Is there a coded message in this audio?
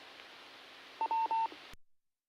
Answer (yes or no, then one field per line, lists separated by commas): no